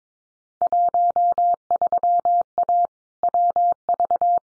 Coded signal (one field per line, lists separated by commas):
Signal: Morse code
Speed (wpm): 22 wpm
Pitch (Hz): 700 Hz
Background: none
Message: 13A WV